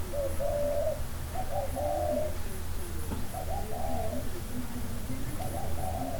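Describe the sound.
Dove giving soft, throaty coos in a few short phrases, a faint hum running underneath throughout.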